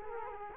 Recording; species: mosquito wingbeat signal from an infrared sensor; Culex quinquefasciatus